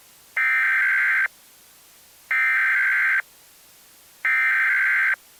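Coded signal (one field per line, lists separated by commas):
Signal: Emergency Alert System (SAME) tones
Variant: header bursts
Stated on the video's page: Fictional EAS scenario.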